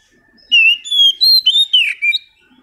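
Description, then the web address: Oriental magpie-robin singing a short phrase of loud, pure whistles that step up in pitch, then a slurred falling note. Kacer audio used as a lure to prompt a bird that has stopped singing, and as a master training song for kacer birds. "kacer pancingan macet bunyi. masteran kacer"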